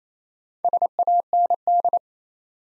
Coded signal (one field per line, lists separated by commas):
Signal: Morse code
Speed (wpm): 29 wpm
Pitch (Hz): 700 Hz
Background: none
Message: SAND